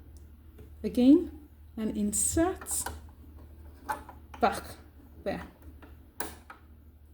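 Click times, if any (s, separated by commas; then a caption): 6.2 s. A metal bobbin case, held by its tab, is pushed back into the rotary hook of a domestic sewing machine while someone talks. It latches with a sharp click at 6.2 seconds, which shows the bobbin case is seated properly.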